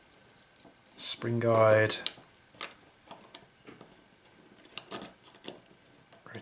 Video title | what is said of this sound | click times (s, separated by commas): WE M92 GBB Pistols - Bringing It Home Ep. 28 | rotate it 90, locks into place, not going anywhere. | 4.8 s